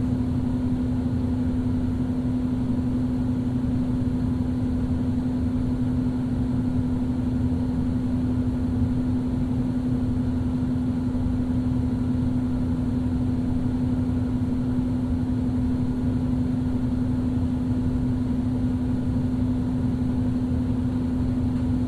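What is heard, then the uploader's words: Two vents blow a steady, unbroken rush of air with a strong low hum running through it and a clear tone held at one pitch. Nothing changes across the stretch; the sound stays dense and even, with a soft hiss spread above. Two Vents. Vents recorded by Dan Bodah, Fall 2008 & April 2009, Brooklyn NY.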